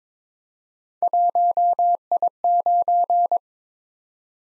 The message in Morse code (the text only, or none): 1I9